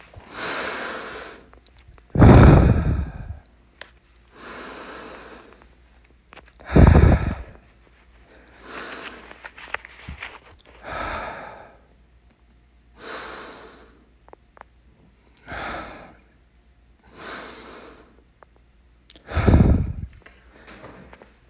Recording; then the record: deep breathing after running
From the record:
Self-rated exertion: vigorous exertion (4 of 6); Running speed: 7 miles an hour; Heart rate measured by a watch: 160 beats a minute at the start, 159 at the end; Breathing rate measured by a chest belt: 26 breaths a minute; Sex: male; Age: 31 years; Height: 178 cm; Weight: 72 kg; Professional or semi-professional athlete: no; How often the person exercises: 3 to 5 times a week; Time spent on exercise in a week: 2 to 3 hours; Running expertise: yes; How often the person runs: 3 to 5 times a week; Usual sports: running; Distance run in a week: 5 km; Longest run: 10 km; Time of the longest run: 65 minutes